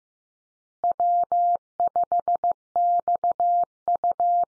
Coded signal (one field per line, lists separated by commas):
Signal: Morse code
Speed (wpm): 15 wpm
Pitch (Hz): 700 Hz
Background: none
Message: W5XU